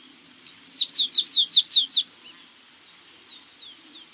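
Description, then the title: Stripe-tailed yellow finch calling a fast run of sharp, downslurred high chirps, then a few fainter slurred notes. Nominate subspecies Sicalis citrina citrina, assumed from location. "LuckyPassaro Completos2Sama. Stripe-tailed Yellow Finch (Sicalis citrina citrina (ssp assumed from location))"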